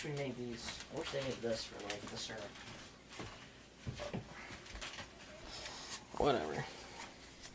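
A filter component for maple syrup is being handled and pushed toward its holder while someone talks, with a brief sharp handling sound at about 4.8 seconds. The clip ends before the part goes home, and nothing has seated or clicked yet.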